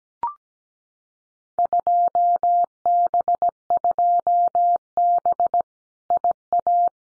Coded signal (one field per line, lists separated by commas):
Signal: Morse code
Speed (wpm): 17 wpm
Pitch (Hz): 700 Hz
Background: none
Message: 2B2B IA